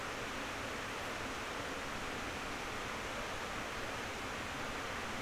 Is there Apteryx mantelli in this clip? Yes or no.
no